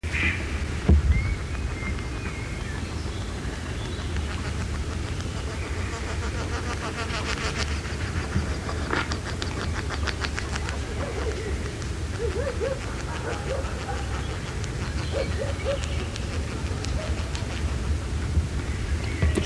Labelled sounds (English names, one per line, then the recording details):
Mallard
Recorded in the wild
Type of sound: flight sound
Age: adult
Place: Putbus, Insel Rügen, Mecklenburg-Vorpommern, DE
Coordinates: 54.3511, 13.4736
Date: 1979-06-27 21:04
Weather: ca. 15°C
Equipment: ITT Schaub-Lorenz Studio Recorder 72, Verstärker, MD 421 HL, Reflektor, Kopie Uher 4200 Report
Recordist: Tembrock, Günter
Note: Fluglaute